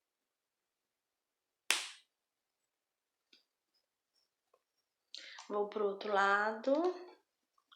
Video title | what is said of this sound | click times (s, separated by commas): (Versão Canhoto) Coelhinho da pascoa amigurumi passo a passo - Coelho Bernardo (Parte 2) | vou apertar até encaixar | 1.7 s